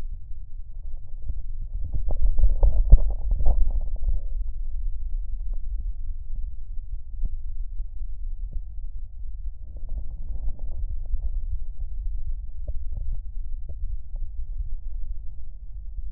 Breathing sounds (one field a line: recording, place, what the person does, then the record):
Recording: lung sounds by stethoscope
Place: left posterior basal chest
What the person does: quiet breathing, then deep breathing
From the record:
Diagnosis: interstitial lung disease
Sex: male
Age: 47 years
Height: 159 cm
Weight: 66.8 kg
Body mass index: 26.4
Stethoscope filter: extended mode